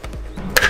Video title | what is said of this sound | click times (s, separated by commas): How Tesla's "Ugliest" Feature Became a Brilliant Kickstarter! | um but this just pops right in and then everything is secure | 0.6 s